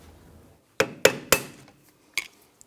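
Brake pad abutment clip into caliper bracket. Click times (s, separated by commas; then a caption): 0.8 s, 1.0 s, 1.3 s, 2.2 s. A metal brake pad abutment clip is tapped into the caliper bracket of a 2011–2021 Jeep Grand Cherokee rear brake with a small flathead screwdriver. Sharp metallic taps ring out at 0.8, 1.05 (1.1), 1.3, and 2.2 seconds. The clip ends up locked in place behind the bracket.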